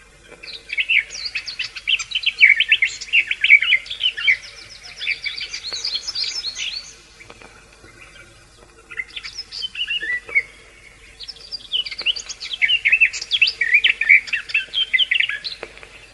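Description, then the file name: Garden warbler singing in sustained, rich, rapid warbling bursts, several seconds each, separated by short gaps, with a brief lower phrase in between. "slavka sadovaja"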